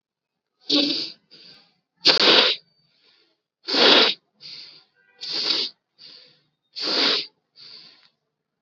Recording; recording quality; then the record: shallow breathing; excellent, no background noise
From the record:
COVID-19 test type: RT-PCR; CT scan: not taken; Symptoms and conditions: cough, fever, fatigue, muscle pain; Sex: male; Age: 21 years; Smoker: yes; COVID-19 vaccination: both doses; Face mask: worn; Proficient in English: yes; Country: India